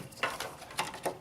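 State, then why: Not seated. A side mirror's wiring connector is handled at the door wiring harness of a 2013–2016 Honda Accord, giving a few sharp plastic taps and knocks around 0.2, 0.4, 0.8 and 1.1 seconds. The connector has not seated or clicked in yet.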